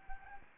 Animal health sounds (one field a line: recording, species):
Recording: mosquito wingbeat signal from an infrared sensor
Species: Anopheles gambiae